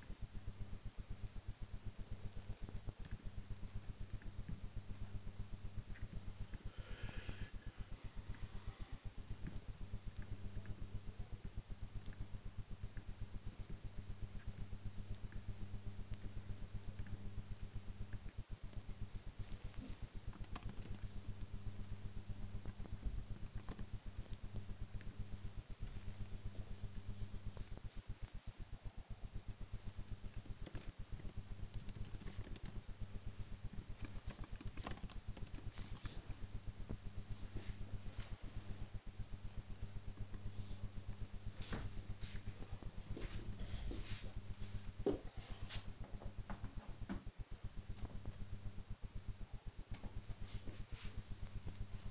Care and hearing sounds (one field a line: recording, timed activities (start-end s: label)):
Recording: household activities, microphone on the right wrist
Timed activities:
0.00-2.92 s: working on the computer
4.93-47.17 s: working on the computer